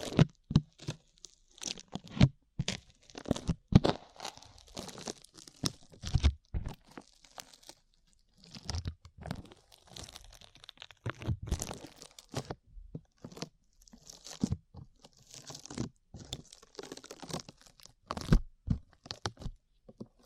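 Sticky slime is squished and pulled in quick, irregular bursts of crunchy, tearing pops, with short silent gaps between the wet snaps.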